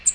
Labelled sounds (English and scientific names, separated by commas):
American Redstart (Setophaga ruticilla) flight call